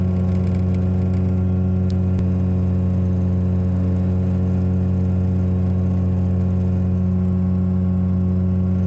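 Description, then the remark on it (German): A motor glider's engine drones steadily without pause in flight as it motors toward the clouds, its low harmonic tones holding an even pitch throughout, with no voices present. “Das heißt, ich denke mal, da motoren wir jetzt an die Wolken hin und dann müsste es da eigentlich wieder gehen.”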